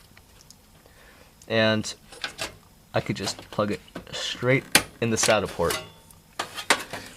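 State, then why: Seated. A SATA data cable is pushed straight into the SATA port on a hard drive while building a PC, and it seats with a sharp click at 6.7 s. Someone talks over most of the clip, and a few faint taps come before the click.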